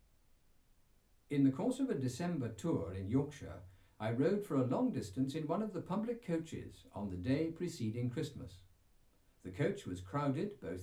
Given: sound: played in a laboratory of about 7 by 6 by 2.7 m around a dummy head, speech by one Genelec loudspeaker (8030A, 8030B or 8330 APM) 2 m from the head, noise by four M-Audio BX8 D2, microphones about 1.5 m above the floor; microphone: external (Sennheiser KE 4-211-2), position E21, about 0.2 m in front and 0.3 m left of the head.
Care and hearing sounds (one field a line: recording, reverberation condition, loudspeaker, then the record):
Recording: male speech in English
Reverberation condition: low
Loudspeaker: 150 degrees to the right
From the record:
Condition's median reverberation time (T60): about 310 ms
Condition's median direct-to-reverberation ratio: about 3.5 dB